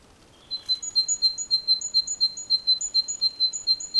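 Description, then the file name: Great tit giving a long, steady run of high, clear notes that alternate between a lower and a higher pitch for about three and a half seconds. "Parus major"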